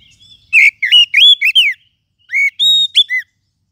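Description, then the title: Lovebird call series of high, bent chirps and squeaky whistles, delivered in two rapid clusters with a short pause between them. Used to lure lovebirds. "PIKAT BURUNG LOVEBIRD"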